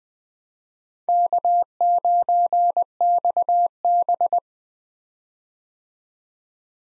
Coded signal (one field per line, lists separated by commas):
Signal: Morse code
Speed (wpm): 20 wpm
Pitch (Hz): 700 Hz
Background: none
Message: K9XB